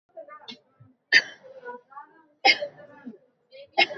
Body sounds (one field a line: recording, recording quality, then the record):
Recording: heavy voluntary cough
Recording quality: excellent, no background noise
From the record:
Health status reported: recovered from COVID-19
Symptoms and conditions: none ticked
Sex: female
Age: 36 years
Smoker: not ticked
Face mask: worn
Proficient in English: yes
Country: India